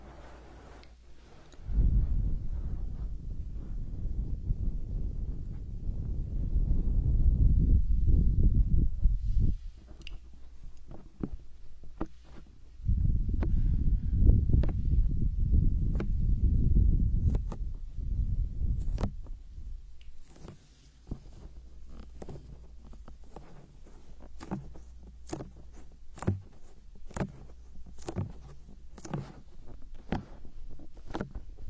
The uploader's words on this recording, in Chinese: 手部按摩3（声控助眠）。